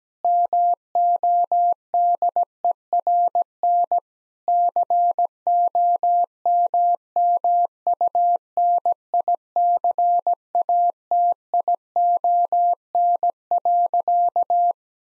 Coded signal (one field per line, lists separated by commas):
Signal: Morse code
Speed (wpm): 17 wpm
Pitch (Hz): 700 Hz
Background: none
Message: MODERN COMMUNICATION.